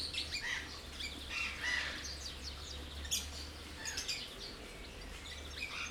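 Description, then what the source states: Birds twittering with short chirps and a few sharper notes over a steady low hum. Recorded at Jászberény Zoo in 2016.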